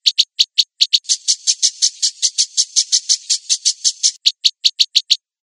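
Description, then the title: Long-tailed shrike song in which crisp high chirps give way to a long grating, buzzy series of rapid notes, then return to clipped chirps. Combination song style. "Cendet Kombinasi"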